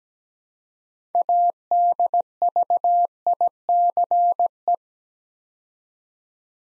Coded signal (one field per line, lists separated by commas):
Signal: Morse code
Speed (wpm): 17 wpm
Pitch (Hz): 700 Hz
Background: none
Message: ADVICE